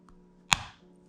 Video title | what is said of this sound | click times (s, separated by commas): The BEST CLONE to DATE?! - Lataffa and Kilian Angels Share Review | Nice clicking noise. That might be hard to get off in the morning if you're in a rush, you know. | 0.5 s